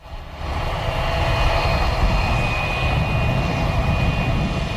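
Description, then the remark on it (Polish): An Embraer 600 Legacy luxury jet landing in Warsaw, carrying Prince William and Duchess Kate, roars steadily, its broad engine rumble swelling in the first half-second and holding loud, with a thin high whine running through it. No voices are heard. “Książę William i księżna Kate do Warszawy przylecieli na pokładzie luksusowego odrzutowca Embraer 600 Legacy,”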